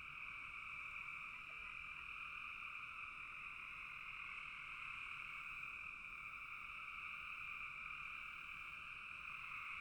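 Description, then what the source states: Unbroken frog chorus, many callers blending into a steady buzzy drone with a brief faint chirp early on. Frogs in a bog.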